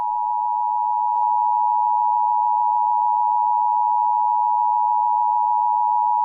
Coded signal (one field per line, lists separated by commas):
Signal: Emergency Alert System (SAME) tones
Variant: 853 and 960 Hz attention tone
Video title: EAS Child Abduction Emergency Amber Alert Recreation (Texas) 5/4/2024